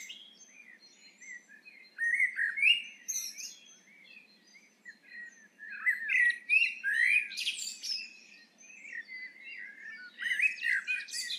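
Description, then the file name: Eurasian blackbird song in three phrases, each starting with a mellow, fluty warble and finishing with scratchy high twittering, with short gaps between. "Turdus merula"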